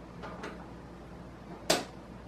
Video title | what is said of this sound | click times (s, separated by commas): Rife- BCX Ultra Deluxe & PEMF Technology | the click you must hear the click so you know they're connected tightly okay | 1.7 s